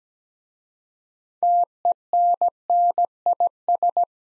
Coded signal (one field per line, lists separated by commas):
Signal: Morse code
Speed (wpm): 17 wpm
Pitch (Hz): 700 Hz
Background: none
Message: TENNIS